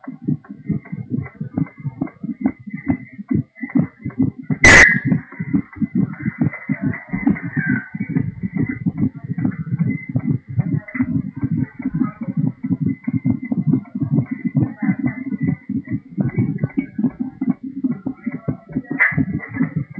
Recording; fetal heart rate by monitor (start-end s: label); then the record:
fetal heart sounds by stethoscope on the mother's abdomen
0.00-10.00 s: 138 bpm
10.00-20.00 s: 141 bpm
From the record:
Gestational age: 32 weeks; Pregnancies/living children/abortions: 4/3/0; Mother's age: 42 years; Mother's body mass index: 28.7